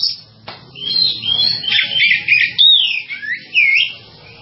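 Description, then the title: Java sparrow song, a run of high chirps and twisting whistled notes that rises and falls in quick bursts. "kicau gelatik"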